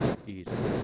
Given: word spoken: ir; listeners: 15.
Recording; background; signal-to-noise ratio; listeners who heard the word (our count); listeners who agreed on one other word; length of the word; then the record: one Spanish word in noise, from a listening test; noise modulated by one talker; -7.3 dB; 3 of 15; 6 of 15; 0.43 s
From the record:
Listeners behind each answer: 6, 3, 2, 1, 1, 1, 1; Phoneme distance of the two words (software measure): 17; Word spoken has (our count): 1 syllable, 2 phonemes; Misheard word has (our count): 1 syllable, 3 phonemes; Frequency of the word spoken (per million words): 188.49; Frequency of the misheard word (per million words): 1.40